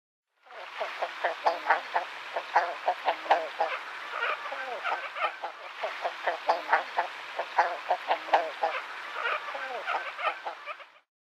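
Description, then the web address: King eiders calling together in a dense, continuous chorus of overlapping low clucking and croaking notes that lasts the whole time. "Songs of Birds of North America Western USA Songbirds. King Eider"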